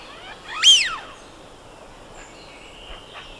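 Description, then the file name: Eurasian wigeon whistle: a single loud arched note sweeping up then sharply down near 0.7 seconds, followed by a few fainter thin whistles. "Anas penelope"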